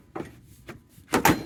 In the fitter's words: it pops right in nice